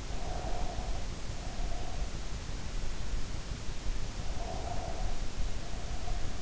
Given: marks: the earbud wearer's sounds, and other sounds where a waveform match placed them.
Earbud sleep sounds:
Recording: sounds in sleep by an in-ear microphone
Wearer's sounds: breath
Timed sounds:
0.03-2.18 s: breath
4.29-6.42 s: breath

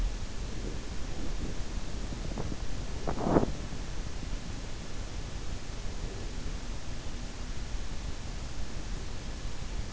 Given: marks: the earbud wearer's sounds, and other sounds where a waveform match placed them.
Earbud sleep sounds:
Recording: sounds in sleep by an in-ear microphone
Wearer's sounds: body movement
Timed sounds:
0.00-5.30 s: body movement

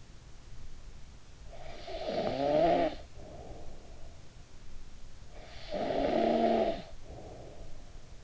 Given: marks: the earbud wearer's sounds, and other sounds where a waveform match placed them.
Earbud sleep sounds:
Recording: sounds in sleep by an in-ear microphone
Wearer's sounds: snoring breath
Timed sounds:
0.98-4.64 s: snoring breath
4.92-8.24 s: snoring breath

